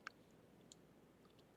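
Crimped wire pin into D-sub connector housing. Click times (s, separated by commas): 0.1 s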